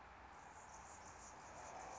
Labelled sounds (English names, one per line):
Anna's Hummingbird